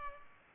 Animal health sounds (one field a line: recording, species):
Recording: mosquito wingbeat signal from an infrared sensor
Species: Culex pipiens